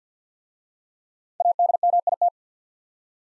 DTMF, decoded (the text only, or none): none